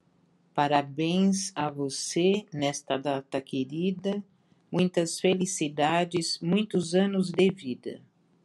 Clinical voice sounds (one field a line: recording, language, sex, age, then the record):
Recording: short text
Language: Brazilian Portuguese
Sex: female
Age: 60 to 69 years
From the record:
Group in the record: control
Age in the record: 60 years